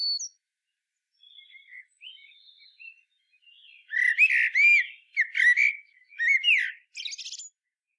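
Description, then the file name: Common blackbird, with faint soft notes at first, then a loud run of fluty, slurred whistles ending in a squeaky, buzzy flourish. "Turdus merula"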